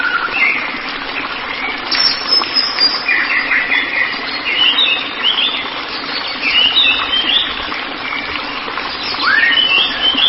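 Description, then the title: White-rumped shama song: varied whistled and chattering phrases that change pitch often, ending with a rising slurred note, over steady hiss. "Kicau Murai Batu"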